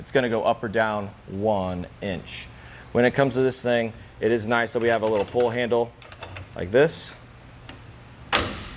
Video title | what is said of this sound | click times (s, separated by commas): etrailer - Fulton Bolt-Thru Swivel Marine Jack Review | and it snaps into place. | 7.7 s